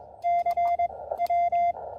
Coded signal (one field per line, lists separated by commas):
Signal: Morse code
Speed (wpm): 22 wpm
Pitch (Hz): 690 Hz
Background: radio noise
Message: CW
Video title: New Antenna, New Key, and New Friend: Testing the CHA LEFS 4010 at William B Umstead State Park!